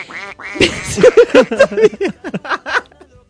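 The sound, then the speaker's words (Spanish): Geese honk loudly in a rapid, overlapping flurry of harsh, nasal calls, roughly a dozen bursts tumbling over each other in an irregular rhythm, with no talking. “Los gansos tienen un magnífico sentido del oído y si escuchan algo comienzan a graznar muy alto.”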